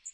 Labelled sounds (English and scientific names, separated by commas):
Magnolia Warbler (Setophaga magnolia) flight call